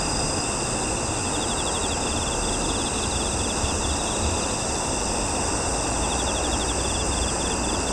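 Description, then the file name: Cricket chirping in a continuous high pulsed trill, steady throughout, over a constant low rumble of background noise. At night in Kashiwa, Japan. "Japan Kashiwa Night Crickets Dogs"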